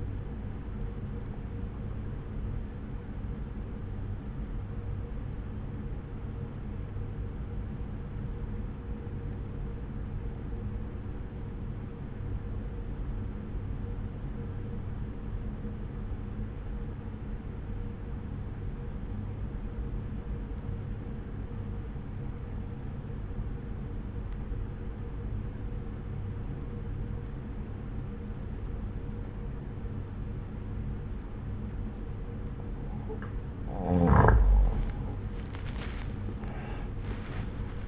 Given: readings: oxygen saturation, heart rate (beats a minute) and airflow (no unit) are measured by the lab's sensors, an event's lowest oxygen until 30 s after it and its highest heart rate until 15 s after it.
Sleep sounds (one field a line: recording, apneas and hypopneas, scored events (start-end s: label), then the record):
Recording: breathing in sleep by a smartphone at the bedside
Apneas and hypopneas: 1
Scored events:
3.00-33.90 s: obstructive apnea (N1, oxygen 95% highest, then 86% lowest)
From the record:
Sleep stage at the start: N1 (lightest sleep)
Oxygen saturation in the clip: 84 to 95%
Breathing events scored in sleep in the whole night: 303 in 8.1 hours asleep